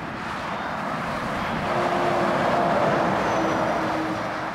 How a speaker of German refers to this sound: Auf der Route Nationale von Montreuil-Belley nach Loudun donnern die Laster im Sekundentakt vorbei.